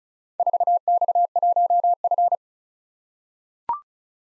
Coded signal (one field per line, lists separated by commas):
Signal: Morse code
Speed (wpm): 36 wpm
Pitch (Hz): 700 Hz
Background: none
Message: 4X1F